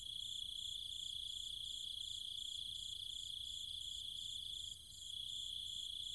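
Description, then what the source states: Cicadas keep up a uniform shrill buzz and rapid high pulsing, briefly softening near five seconds before resuming. Cicadas with other insects, calling at night in trees and fields in countryside around Chiang Mai, Thailand.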